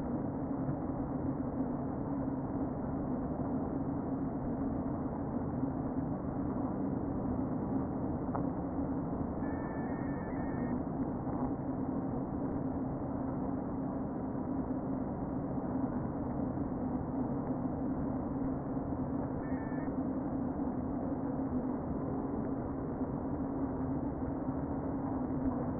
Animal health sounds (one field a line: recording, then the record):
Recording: honeybee colony, microphone inside the hive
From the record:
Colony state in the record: queen present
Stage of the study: before two queens were removed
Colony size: about 60,000 bees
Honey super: yes